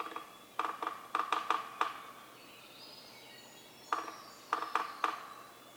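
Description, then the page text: Yellow-bellied Sapsucker drumming, two bouts of irregularly spaced sharp knocks separated by a pause. Faint birdsong sits behind. Community of several drummers on various substrates, stereo recording, Atlanta, Michigan, April 24, 2018, 6:22 to 6:50 a.m., beginning 15 minutes before sunrise (6:37 a.m.) and continuing after. "Yellow-bellied sapsucker: My favorite community of drummers, this one recorded beginning 15 minutes before sunrise and continuing well after."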